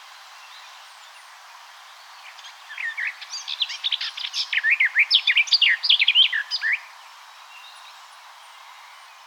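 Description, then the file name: Eurasian blackcap sings one continuous, jumbled phrase of quick scratchy and warbled notes that grows louder, then stops abruptly; quiet before and after. "Sylvia atricapilla"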